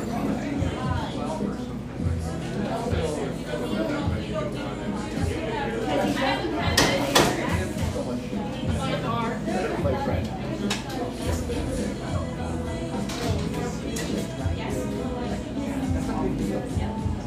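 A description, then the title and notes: A busy café interior hums with overlapping conversation and steady crowd chatter, low clatter throughout, and a sharp clink near seven seconds. Laurelhurst, Portland, Oregon.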